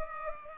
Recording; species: mosquito wingbeat signal from an infrared sensor; Culex pipiens